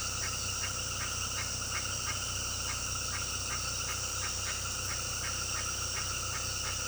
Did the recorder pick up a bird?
no